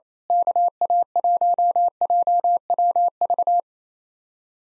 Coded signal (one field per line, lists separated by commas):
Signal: Morse code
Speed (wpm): 29 wpm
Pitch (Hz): 700 Hz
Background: none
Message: KA1JWV